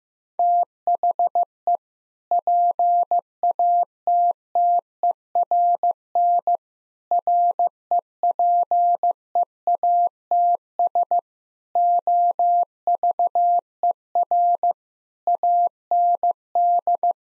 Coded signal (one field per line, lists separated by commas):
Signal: Morse code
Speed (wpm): 15 wpm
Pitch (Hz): 700 Hz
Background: none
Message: THE PATTERN REPEATS OVER AND